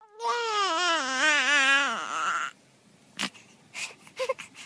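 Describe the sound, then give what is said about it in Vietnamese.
A child cries loudly in a long, high, wavering wail lasting about two seconds, then breaks off into quieter, choppy sobbing sounds and short bursts; children crying from tin-roofed rented rooms in a very hot summer. “Hàng loạt tiếng trẻ em khóc ré ré từ phía những căn phòng trọ lập mái tôn vọng tới, khiến Cao Cường vừa xuống tới dần nghe đã thấy mà không khỏi lắc đầu thở dài.”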